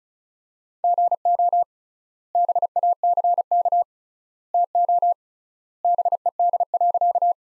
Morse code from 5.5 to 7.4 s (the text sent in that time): BED.